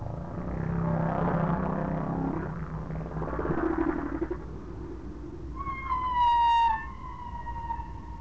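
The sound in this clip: Whale calls: low moaning tones in the first half, then a clear tonal call with bright harmonics near the end.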